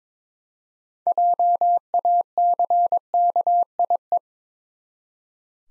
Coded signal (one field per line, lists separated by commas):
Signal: Morse code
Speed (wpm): 22 wpm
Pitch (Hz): 700 Hz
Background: none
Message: JACKIE